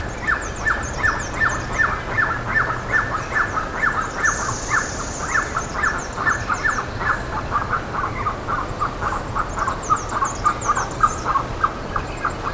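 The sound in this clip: Bird calling in a long run of short clipped notes, slightly uneven, with faint high chirps and a short hiss above steady noise.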